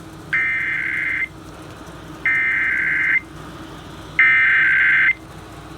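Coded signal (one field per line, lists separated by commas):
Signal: Emergency Alert System (SAME) tones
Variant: header bursts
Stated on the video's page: EAS required monthly test relayed by an FM station, a failed test.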